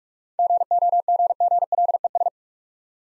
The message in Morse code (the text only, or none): GOGGLES